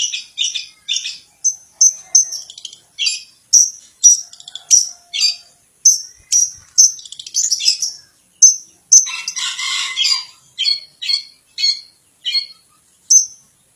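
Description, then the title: Long-tailed shrike song, a long series of crisp, high whistled and chipped notes in rapid, uneven rhythm, with one brief scratchy chatter midway. Champion singing bird. "Kicau Burung Cendet Juara"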